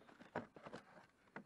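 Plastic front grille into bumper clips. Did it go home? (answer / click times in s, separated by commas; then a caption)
yes / 0.4 s, 1.4 s. A plastic front grille on an Audi TT 8S mk3 is lined up with its clips and pushed into the bumper clips while being refitted. Two sharp clicks at 0.4 s and 1.4 s are heard between quieter rustling and handling noise. The grille clips snap home and seat into place.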